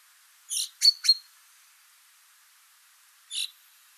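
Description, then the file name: Common chaffinch calls: a sharp note followed by two quick clipped notes, then one more single note after a pause. "Fringilla coelebs"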